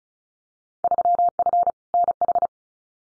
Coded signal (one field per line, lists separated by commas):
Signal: Morse code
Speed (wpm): 36 wpm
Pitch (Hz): 700 Hz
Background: none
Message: 3F NH